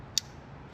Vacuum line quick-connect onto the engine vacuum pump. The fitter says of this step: we're going to clip that guy back on make sure you listen for the little distinctive click right there pull